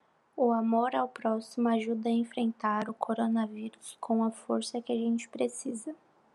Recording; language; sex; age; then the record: spoken sentence; Brazilian Portuguese; female; 20 to 29 years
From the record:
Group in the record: control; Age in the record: 21 years